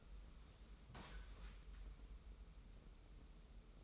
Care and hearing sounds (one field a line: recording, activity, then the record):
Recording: daily activity, microphone in the room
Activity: sit down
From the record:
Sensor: 1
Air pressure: 994.4 hPa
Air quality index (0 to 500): 221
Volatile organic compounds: 1000 ppm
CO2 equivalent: 7914 ppm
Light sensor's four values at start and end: 127/287/129/141 and 128/290/130/143